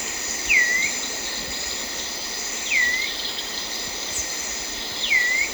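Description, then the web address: Stripe-chested antwren giving three clear downslurred notes that curl upward at the end, about two seconds apart, over a steady high insect chorus. Recorded in Ecuador, South America. "Birds of Ecuador 2. Stripe-Chested Antwren"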